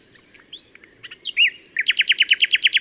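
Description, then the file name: Common nightingale song: soft rising whistles and a sharp swoop, then a quick run of loud, rhythmically repeated notes. "Luscinia megarhynchos"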